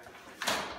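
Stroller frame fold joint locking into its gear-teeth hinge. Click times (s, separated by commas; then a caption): 0.4 s. A working BabyJogger stroller's easy-fold frame is flipped up, and its plastic and metal gear-teeth hinge joint locks in place at once. There is a single sharp clunk at 0.4 s over low background noise. The fold joint is seated and locked.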